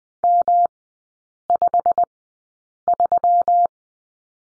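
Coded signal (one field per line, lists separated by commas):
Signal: Morse code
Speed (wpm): 20 wpm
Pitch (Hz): 700 Hz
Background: none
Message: M53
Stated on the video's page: Morse code course lesson on the letter F, three-character groups at Farnsworth speed 20/10 wpm.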